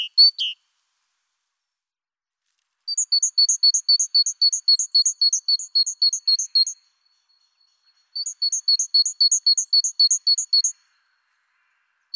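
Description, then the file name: Great tit song: bright, high two-note phrases repeated quickly in a burst of about four seconds and a shorter one after a pause, with a short note at the start. "Mesange charbonniere"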